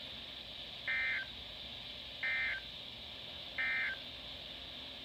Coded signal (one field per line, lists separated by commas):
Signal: Emergency Alert System (SAME) tones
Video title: 8 Winter storm warnings EAS#429 - 436 From: 1/30/ 21